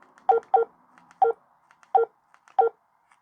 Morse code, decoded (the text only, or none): none